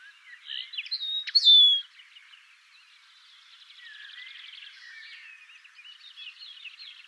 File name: Linotte melodieuse